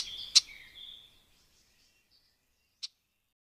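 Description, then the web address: Red-backed shrike giving a short scratchy phrase with a sharp click, then a lone click near the end; otherwise quiet. "agykontroll Madardalok Cd 2. Tövisszúró gébics"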